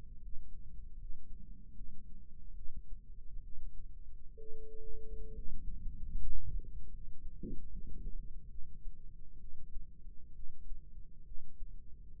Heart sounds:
heart sounds by microphone in the left ear; 70 bpm
0.18 s: heartbeat
0.96 s: heartbeat
1.73 s: heartbeat
2.53 s: heartbeat
3.40 s: heartbeat
4.35 s: heartbeat
5.32 s: heartbeat
6.14 s: heartbeat
6.91 s: heartbeat
7.68 s: heartbeat
8.48 s: heartbeat
9.38 s: heartbeat
10.33 s: heartbeat
11.24 s: heartbeat
12.15 s: heartbeat
From the record:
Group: healthy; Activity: rest 0-4 s, Valsalva maneuver 4-12 s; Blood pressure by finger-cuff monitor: 140/64 mmHg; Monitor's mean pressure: 86 mmHg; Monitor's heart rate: 68 bpm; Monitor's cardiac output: 6.3 L/min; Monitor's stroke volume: 89 mL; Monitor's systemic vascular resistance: 930 dyn s/cm5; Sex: female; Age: 37 years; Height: 168 cm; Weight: 70 kg

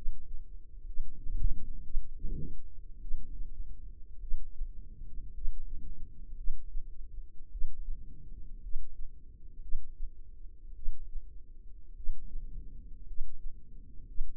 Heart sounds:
heart sounds by microphone in the left ear; 54 bpm
0.85 s: heartbeat
1.83 s: heartbeat
3.00 s: heartbeat
4.20 s: heartbeat
5.33 s: heartbeat
6.36 s: heartbeat
7.50 s: heartbeat
8.61 s: heartbeat
9.61 s: heartbeat
10.74 s: heartbeat
11.95 s: heartbeat
13.06 s: heartbeat
14.07 s: heartbeat
From the record:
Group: healthy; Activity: rest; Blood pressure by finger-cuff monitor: 88/59 mmHg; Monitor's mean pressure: 68 mmHg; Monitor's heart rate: 53 bpm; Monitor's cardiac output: 4.2 L/min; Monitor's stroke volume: 76 mL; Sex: female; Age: 36 years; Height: 163 cm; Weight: 88 kg

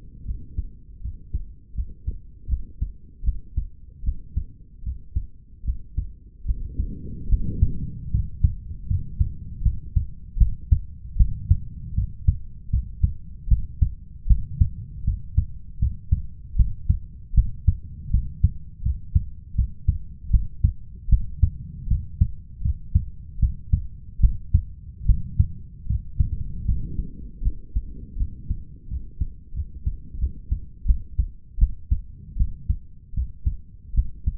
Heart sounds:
heart sounds by stethoscope; 78 bpm
0.25 s: heartbeat
1.01 s: heartbeat
1.74 s: heartbeat
2.48 s: heartbeat
3.23 s: heartbeat
4.03 s: heartbeat
4.83 s: heartbeat
5.64 s: heartbeat
6.45 s: heartbeat
7.28 s: heartbeat
8.10 s: heartbeat
8.87 s: heartbeat
9.62 s: heartbeat
10.37 s: heartbeat
11.16 s: heartbeat
11.94 s: heartbeat
12.70 s: heartbeat
13.48 s: heartbeat
14.27 s: heartbeat
15.04 s: heartbeat
15.79 s: heartbeat
16.56 s: heartbeat
17.34 s: heartbeat
18.10 s: heartbeat
18.82 s: heartbeat
19.55 s: heartbeat
20.30 s: heartbeat
21.09 s: heartbeat
21.87 s: heartbeat
22.62 s: heartbeat
23.39 s: heartbeat
24.20 s: heartbeat
25.05 s: heartbeat
25.86 s: heartbeat
26.65 s: heartbeat
27.42 s: heartbeat
28.17 s: heartbeat
28.88 s: heartbeat
29.53 s: heartbeat
30.18 s: heartbeat
30.85 s: heartbeat
31.58 s: heartbeat
32.36 s: heartbeat
33.14 s: heartbeat
33.94 s: heartbeat
From the record:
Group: healthy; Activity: cold pressor test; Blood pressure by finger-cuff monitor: 113/80 mmHg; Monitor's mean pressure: 86 mmHg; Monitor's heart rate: 77 bpm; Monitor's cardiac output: 5.6 L/min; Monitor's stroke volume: 73 mL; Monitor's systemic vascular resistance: 1130 dyn s/cm5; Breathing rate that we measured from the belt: 17 breaths a minute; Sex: male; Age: 21 years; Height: 170 cm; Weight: 71 kg

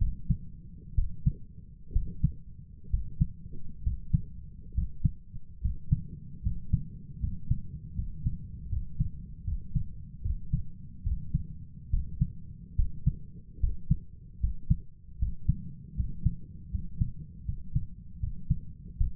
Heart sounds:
heart sounds by stethoscope; 73 bpm
0.94 s: heartbeat
1.91 s: heartbeat
2.89 s: heartbeat
3.82 s: heartbeat
4.73 s: heartbeat
5.60 s: heartbeat
6.41 s: heartbeat
7.19 s: heartbeat
7.94 s: heartbeat
8.68 s: heartbeat
9.43 s: heartbeat
10.21 s: heartbeat
11.02 s: heartbeat
11.89 s: heartbeat
12.74 s: heartbeat
13.59 s: heartbeat
14.39 s: heartbeat
15.17 s: heartbeat
15.95 s: heartbeat
16.70 s: heartbeat
17.44 s: heartbeat
18.19 s: heartbeat
18.96 s: heartbeat
From the record:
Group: healthy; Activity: rest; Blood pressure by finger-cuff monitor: 96/66 mmHg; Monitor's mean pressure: 76 mmHg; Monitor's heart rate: 70 bpm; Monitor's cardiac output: 6.2 L/min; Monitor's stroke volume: 85 mL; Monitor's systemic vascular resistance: 890 dyn s/cm5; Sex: male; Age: 23 years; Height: 178 cm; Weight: 96.6 kg

